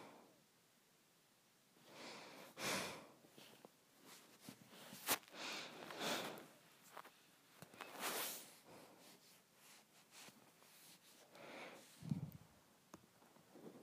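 Breathing through the nose, with airy hissing breaths around 2.5, 6, 8 and 11 seconds. Sharp sniffs and snort-like clicks break in between, including a quick one near 5 seconds and a deeper, throatier sound near 12.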